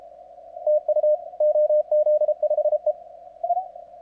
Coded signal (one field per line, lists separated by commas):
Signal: Morse code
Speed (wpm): 32 wpm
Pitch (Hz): 600 Hz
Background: radio noise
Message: TU OZ5E